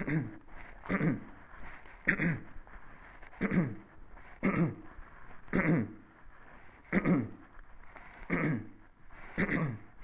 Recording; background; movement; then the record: throat clearing; quiet; sitting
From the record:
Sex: male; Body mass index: 22.0 kg/m2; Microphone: on the chest, facing the body